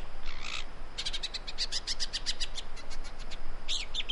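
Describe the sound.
Great woodswallow calls, a run of short harsh chattering notes repeated quickly, with a brief burst at the start and another near the end, over steady background hiss.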